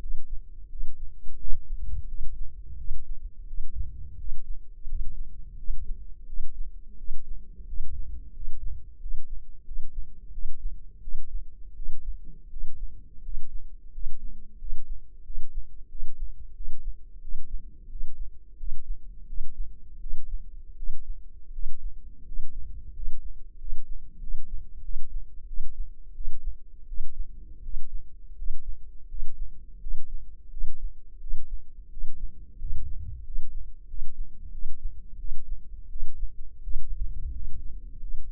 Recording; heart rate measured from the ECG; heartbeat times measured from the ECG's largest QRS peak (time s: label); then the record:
heart sounds by microphone in the left ear; 87 bpm
0.67 s: heartbeat
1.36 s: heartbeat
2.05 s: heartbeat
2.75 s: heartbeat
3.44 s: heartbeat
4.15 s: heartbeat
4.85 s: heartbeat
5.55 s: heartbeat
6.24 s: heartbeat
6.95 s: heartbeat
7.64 s: heartbeat
8.31 s: heartbeat
8.98 s: heartbeat
9.63 s: heartbeat
10.29 s: heartbeat
10.99 s: heartbeat
11.73 s: heartbeat
12.47 s: heartbeat
13.20 s: heartbeat
13.89 s: heartbeat
14.56 s: heartbeat
15.22 s: heartbeat
15.86 s: heartbeat
16.52 s: heartbeat
17.19 s: heartbeat
17.87 s: heartbeat
18.55 s: heartbeat
19.24 s: heartbeat
19.98 s: heartbeat
20.74 s: heartbeat
21.50 s: heartbeat
22.23 s: heartbeat
22.91 s: heartbeat
23.56 s: heartbeat
24.18 s: heartbeat
24.80 s: heartbeat
25.45 s: heartbeat
26.12 s: heartbeat
26.85 s: heartbeat
27.60 s: heartbeat
28.34 s: heartbeat
29.06 s: heartbeat
29.78 s: heartbeat
30.48 s: heartbeat
31.18 s: heartbeat
31.88 s: heartbeat
32.56 s: heartbeat
33.22 s: heartbeat
33.85 s: heartbeat
34.50 s: heartbeat
35.16 s: heartbeat
35.87 s: heartbeat
36.60 s: heartbeat
37.30 s: heartbeat
37.97 s: heartbeat
From the record:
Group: healthy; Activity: rest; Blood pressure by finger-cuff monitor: 91/52 mmHg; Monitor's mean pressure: 63 mmHg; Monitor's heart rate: 86 bpm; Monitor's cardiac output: 7.9 L/min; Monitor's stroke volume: 92 mL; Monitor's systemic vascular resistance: 560 dyn s/cm5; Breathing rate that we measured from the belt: 13 breaths a minute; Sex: male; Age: 23 years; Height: 179 cm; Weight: 87 kg